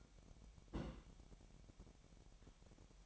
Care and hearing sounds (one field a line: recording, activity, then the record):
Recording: daily activity, microphone in the room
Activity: place on stove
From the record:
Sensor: 1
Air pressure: 1012.1 hPa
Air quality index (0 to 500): 224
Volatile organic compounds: 5 ppm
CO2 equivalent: 1787 ppm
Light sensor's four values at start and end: 74/175/75/79 and 74/174/75/79